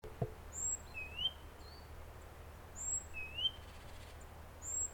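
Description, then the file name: Great tit giving a high piercing whistle, then a rising lower note, the pair repeated a few times, with a faint click near the start. "Parus major"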